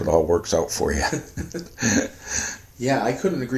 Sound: chuckle

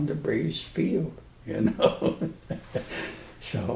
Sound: laughs

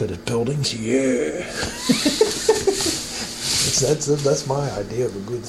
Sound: laughs

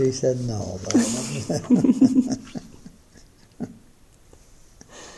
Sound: chuckles

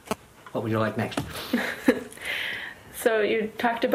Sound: chuckle

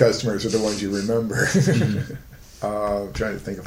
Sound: laughter

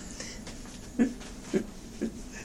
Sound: laughter

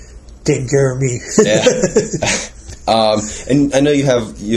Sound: laughing

